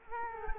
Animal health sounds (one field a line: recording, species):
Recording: mosquito wingbeat signal from an infrared sensor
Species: Culex quinquefasciatus